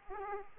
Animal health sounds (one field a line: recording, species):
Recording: mosquito wingbeat signal from an infrared sensor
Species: Aedes aegypti